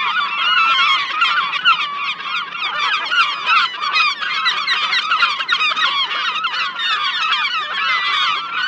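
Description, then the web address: Massed gull calling, countless rough squawks crowding together in a steady, loud chorus. "seagulls"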